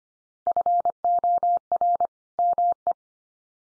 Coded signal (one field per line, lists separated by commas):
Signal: Morse code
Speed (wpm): 25 wpm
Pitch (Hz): 700 Hz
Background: none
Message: FOR ME